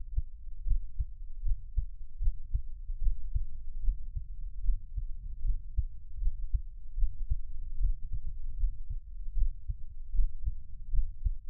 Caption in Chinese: 台灣ASMR | 獻上我的心跳 | Give my Heartbeat | NO Talking。